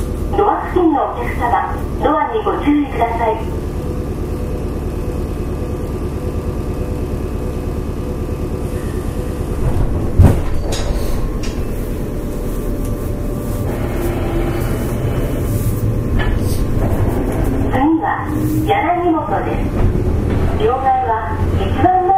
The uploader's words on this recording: JR西日本 105系電車の走行音です。 万葉まほろば線（桜井線）のワンマン普通列車で録音しました。 区間は、奈良から畝傍までです。 Running sound of JR West 105 series train.